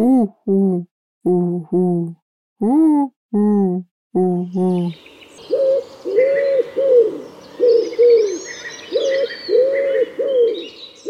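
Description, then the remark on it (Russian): A voice first imitates pigeon cooing in short, low, rhythmic bursts, then a common wood pigeon coos in a steady series of soft, hollow phrases under high chirping birdsong. “Я сегодня услышал вяхеря. Это такой крупный лесной голубь, и многие, когда его слышат впервые, путают его с совой.”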